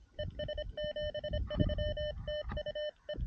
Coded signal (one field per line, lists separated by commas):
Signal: Morse code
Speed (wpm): 26 wpm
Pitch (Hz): 600 Hz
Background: none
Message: ES 73 TU E